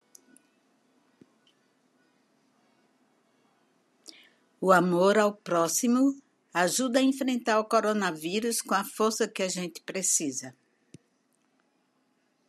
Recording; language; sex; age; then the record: spoken sentence; Brazilian Portuguese; female; 70 to 79 years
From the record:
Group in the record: control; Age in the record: 72 years